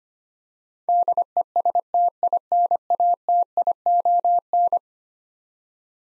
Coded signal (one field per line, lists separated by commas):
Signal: Morse code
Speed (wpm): 25 wpm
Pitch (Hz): 700 Hz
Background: none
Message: DESTINATION